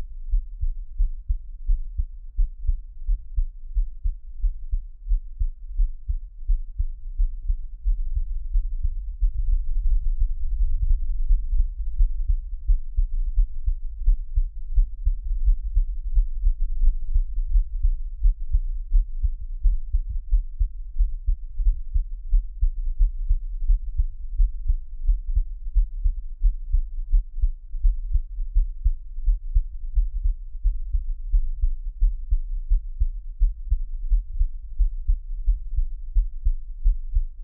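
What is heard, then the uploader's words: A heartbeat thumps steadily throughout, each beat a soft, muffled low thud repeating at a regular, fairly quick pace. The sound is dull with nothing bright above it, and a faint low hum sits underneath, swelling slightly around ten seconds in. 獻上我的心跳. Give my Heartbeat. NO Talking.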